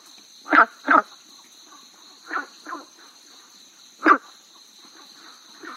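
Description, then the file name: Günther's brown frog calls in short croaks, a strong pair, a weaker pair and a lone loud note, fainter calls between, over a steady high hum. "gunthers brown frog"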